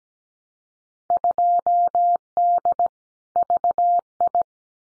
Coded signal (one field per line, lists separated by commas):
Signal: Morse code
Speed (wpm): 17 wpm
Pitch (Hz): 700 Hz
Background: none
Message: 2D VI